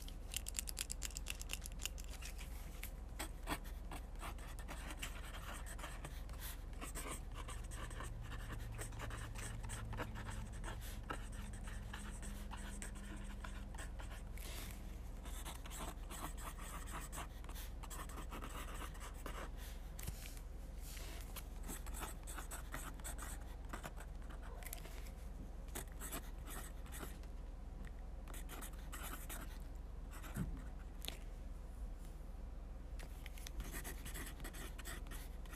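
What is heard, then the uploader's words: Quick note taking fills the recording, a pen scratching and tapping across paper in dense, irregular bursts with almost no pauses. The writing has a faint low hum underneath and a brief soft tone around seven to twelve seconds. ASMR Writing. Fast note taking.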